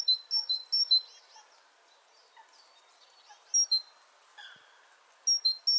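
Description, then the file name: Great tit two-note song in short bursts, high and lower notes alternating, broken by gaps with faint warbling and lower chirps from other birds. "Parus major"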